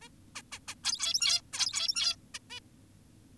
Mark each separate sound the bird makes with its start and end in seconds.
0.02-0.09, 0.36-0.42, 0.52-0.59, 0.68-0.75, 0.84-1.42, 1.53-2.16, 2.34-2.39, 2.50-2.60